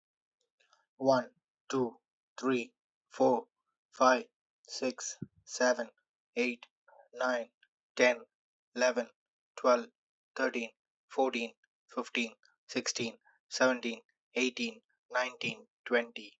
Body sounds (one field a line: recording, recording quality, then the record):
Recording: counting at a normal pace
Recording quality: excellent, no background noise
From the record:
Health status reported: healthy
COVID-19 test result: negative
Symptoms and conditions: none ticked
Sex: male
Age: 28 years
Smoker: not ticked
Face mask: not worn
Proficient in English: yes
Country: India